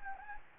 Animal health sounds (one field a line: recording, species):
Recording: mosquito wingbeat signal from an infrared sensor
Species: Anopheles gambiae